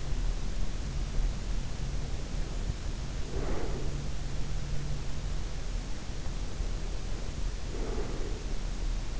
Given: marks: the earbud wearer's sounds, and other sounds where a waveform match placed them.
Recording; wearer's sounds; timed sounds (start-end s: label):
sounds in sleep by an in-ear microphone; breath
2.01-3.91 s: breath
7.24-9.20 s: breath